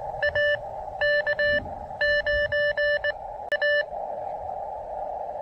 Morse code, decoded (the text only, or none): AK9A